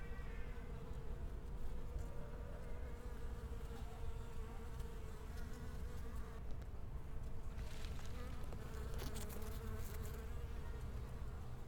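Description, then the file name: Bees buzzing in a steady low drone over a constant low rumble. Bees in a garden. "Garden Ambience With Bees"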